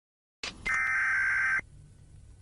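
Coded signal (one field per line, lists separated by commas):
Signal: Emergency Alert System (SAME) tones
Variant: header bursts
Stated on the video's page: Fake, fictional alert screen presented as a digitized VHS recording.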